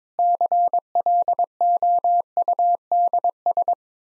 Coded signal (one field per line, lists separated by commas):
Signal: Morse code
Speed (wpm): 22 wpm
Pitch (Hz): 700 Hz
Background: none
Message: CLOUDS